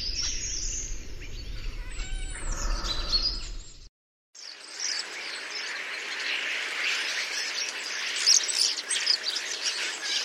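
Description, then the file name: Common starling song, a jumble of whistles, clicks and rattling notes over low rumbling noise, then a short break and a dense hissing chatter. "Etourneau"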